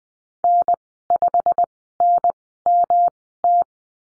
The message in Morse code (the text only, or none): N5NMT